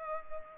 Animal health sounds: mosquito wingbeat signal from an infrared sensor; Culex pipiens

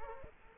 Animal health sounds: mosquito wingbeat signal from an infrared sensor; Aedes aegypti

